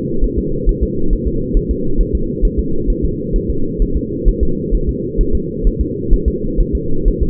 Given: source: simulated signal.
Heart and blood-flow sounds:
fetal heart sounds
0.24 s: S1
0.38 s: S2
0.69 s: S1
0.83 s: S2
1.13 s: S1
1.27 s: S2
1.57 s: S1
1.71 s: S2
2.01 s: S1
2.15 s: S2
2.45 s: S1
2.59 s: S2
2.90 s: S1
3.05 s: S2
3.36 s: S1
3.50 s: S2
3.82 s: S1
3.97 s: S2
4.28 s: S1
4.43 s: S2
4.75 s: S1
4.89 s: S2
5.21 s: S1
5.35 s: S2
5.67 s: S1
5.81 s: S2
6.13 s: S1
6.28 s: S2
6.60 s: S1
6.75 s: S2
7.08 s: S1
7.23 s: S2
From the record:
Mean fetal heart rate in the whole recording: 130 bpm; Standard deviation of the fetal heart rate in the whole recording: 4 bpm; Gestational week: 38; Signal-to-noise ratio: -8.1 dB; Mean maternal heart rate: 72 bpm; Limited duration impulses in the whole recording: present

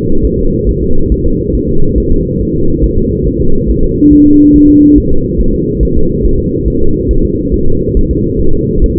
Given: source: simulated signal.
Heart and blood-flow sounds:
fetal heart sounds
0.25 s: S1
0.39 s: S2
0.69 s: S1
0.83 s: S2
1.12 s: S1
1.26 s: S2
1.55 s: S1
1.69 s: S2
1.98 s: S1
2.12 s: S2
2.41 s: S1
2.55 s: S2
2.84 s: S1
2.98 s: S2
3.27 s: S1
3.41 s: S2
3.70 s: S1
3.84 s: S2
4.13 s: S1
4.27 s: S2
4.56 s: S1
4.70 s: S2
4.98 s: S1
5.12 s: S2
5.41 s: S1
5.55 s: S2
5.83 s: S1
5.97 s: S2
6.26 s: S1
6.39 s: S2
6.68 s: S1
6.82 s: S2
7.11 s: S1
7.25 s: S2
7.54 s: S1
7.68 s: S2
7.97 s: S1
8.11 s: S2
8.41 s: S1
8.54 s: S2
8.84 s: S1
8.98 s: S2
From the record:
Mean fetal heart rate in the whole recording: 140 bpm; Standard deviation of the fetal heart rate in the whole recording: 2 bpm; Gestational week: 34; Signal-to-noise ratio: -19.1 dB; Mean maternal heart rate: 72 bpm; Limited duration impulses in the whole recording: present

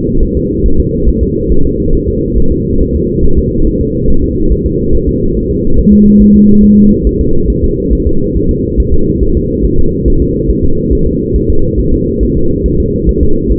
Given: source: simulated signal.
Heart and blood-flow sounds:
fetal heart sounds
0.23 s: S1
0.37 s: S2
0.66 s: S1
0.80 s: S2
1.09 s: S1
1.23 s: S2
1.52 s: S1
1.66 s: S2
1.95 s: S1
2.09 s: S2
2.38 s: S1
2.52 s: S2
2.81 s: S1
2.96 s: S2
3.25 s: S1
3.39 s: S2
3.67 s: S1
3.81 s: S2
4.10 s: S1
4.24 s: S2
4.52 s: S1
4.66 s: S2
4.95 s: S1
5.09 s: S2
5.37 s: S1
5.51 s: S2
5.79 s: S1
5.93 s: S2
6.22 s: S1
6.36 s: S2
6.64 s: S1
6.78 s: S2
7.07 s: S1
7.21 s: S2
7.50 s: S1
7.64 s: S2
7.93 s: S1
8.07 s: S2
8.37 s: S1
8.51 s: S2
8.80 s: S1
8.94 s: S2
9.23 s: S1
9.37 s: S2
9.65 s: S1
9.79 s: S2
10.08 s: S1
10.22 s: S2
10.50 s: S1
10.65 s: S2
10.93 s: S1
11.07 s: S2
11.36 s: S1
11.50 s: S2
11.79 s: S1
11.94 s: S2
12.23 s: S1
12.37 s: S2
12.66 s: S1
12.80 s: S2
13.09 s: S1
13.23 s: S2
13.52 s: S1
From the record:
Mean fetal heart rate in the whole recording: 140 bpm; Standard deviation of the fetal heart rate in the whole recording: 2 bpm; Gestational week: 34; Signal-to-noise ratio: -19.1 dB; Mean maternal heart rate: 72 bpm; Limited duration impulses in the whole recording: present

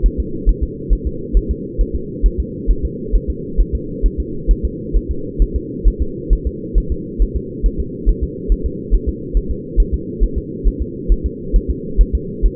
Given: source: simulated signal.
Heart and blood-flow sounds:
fetal heart sounds
0.06 s: S1
0.20 s: S2
0.49 s: S1
0.63 s: S2
0.93 s: S1
1.07 s: S2
1.37 s: S1
1.51 s: S2
1.81 s: S1
1.95 s: S2
2.26 s: S1
2.40 s: S2
2.71 s: S1
2.85 s: S2
3.16 s: S1
3.30 s: S2
3.61 s: S1
3.75 s: S2
4.06 s: S1
4.20 s: S2
4.51 s: S1
4.65 s: S2
4.97 s: S1
5.11 s: S2
5.42 s: S1
5.56 s: S2
5.88 s: S1
6.02 s: S2
6.33 s: S1
6.47 s: S2
6.78 s: S1
6.92 s: S2
7.22 s: S1
7.37 s: S2
7.66 s: S1
7.80 s: S2
8.09 s: S1
8.23 s: S2
8.52 s: S1
8.66 s: S2
8.94 s: S1
9.09 s: S2
9.37 s: S1
9.51 s: S2
9.80 s: S1
9.94 s: S2
10.23 s: S1
10.38 s: S2
10.67 s: S1
10.82 s: S2
11.12 s: S1
11.26 s: S2
11.56 s: S1
11.70 s: S2
12.01 s: S1
12.15 s: S2
12.45 s: S1
From the record:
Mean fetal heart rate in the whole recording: 135 bpm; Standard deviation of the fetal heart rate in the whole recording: 3 bpm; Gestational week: 36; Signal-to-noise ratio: -4.3 dB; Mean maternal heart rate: 72 bpm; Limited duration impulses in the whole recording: absent

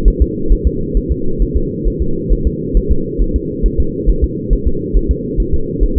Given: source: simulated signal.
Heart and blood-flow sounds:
fetal heart sounds
0.08 s: S1
0.22 s: S2
0.52 s: S1
0.67 s: S2
0.97 s: S1
1.11 s: S2
1.42 s: S1
1.57 s: S2
1.87 s: S1
2.02 s: S2
2.33 s: S1
2.47 s: S2
2.77 s: S1
2.91 s: S2
3.22 s: S1
3.36 s: S2
3.66 s: S1
3.80 s: S2
4.09 s: S1
4.24 s: S2
4.53 s: S1
4.67 s: S2
4.97 s: S1
5.11 s: S2
5.40 s: S1
5.54 s: S2
5.83 s: S1
5.98 s: S2
From the record:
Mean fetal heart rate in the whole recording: 135 bpm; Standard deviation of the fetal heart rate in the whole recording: 3 bpm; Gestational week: 36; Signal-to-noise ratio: -8.1 dB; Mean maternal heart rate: 72 bpm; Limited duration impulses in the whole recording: absent

